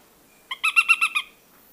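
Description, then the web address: Nariño tapaculo song, a short series of six evenly spaced, rich notes with strong harmonics, delivered in about three quarters of a second against a quiet background. Recorded in Ecuador. "Birds of Ecuador Narino Tapaculo"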